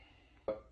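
The cap is pried off the solenoid of a Dodge Ram 1500 truck starter during a starter change. After a stretch of low, quiet background, a short, sharp pop is heard at 0.5 s, and the cap comes off.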